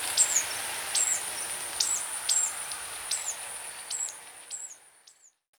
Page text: Ruby-Cheeked Sunbird Call. Quick Sounds